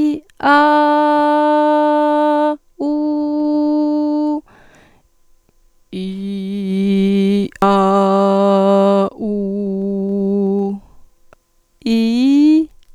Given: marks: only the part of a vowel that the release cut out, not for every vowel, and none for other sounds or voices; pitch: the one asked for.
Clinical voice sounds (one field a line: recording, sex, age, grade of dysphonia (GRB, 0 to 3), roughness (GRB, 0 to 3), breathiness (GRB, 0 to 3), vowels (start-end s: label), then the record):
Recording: sustained vowels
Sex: female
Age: 40 to 49 years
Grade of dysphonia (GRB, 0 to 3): 2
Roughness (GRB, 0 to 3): 0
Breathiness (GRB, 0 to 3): 1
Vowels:
0.62-2.42 s: vowel /a/, high pitch
2.91-4.30 s: vowel /u/, high pitch
6.06-7.33 s: vowel /i/, low pitch
7.69-8.98 s: vowel /a/, low pitch
9.33-10.63 s: vowel /u/, low pitch
11.92-12.57 s: vowel /i/, low-high-low pitch
From the record:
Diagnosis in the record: dysodia (singing voice disorder)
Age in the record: 40 years